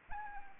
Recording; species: mosquito wingbeat signal from an infrared sensor; Anopheles arabiensis